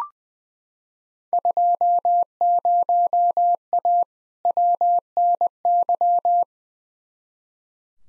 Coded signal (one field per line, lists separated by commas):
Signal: Morse code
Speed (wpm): 20 wpm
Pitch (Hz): 700 Hz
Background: none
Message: 20A WNY